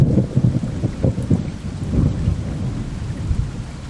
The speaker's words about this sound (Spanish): De repente se largó a llover.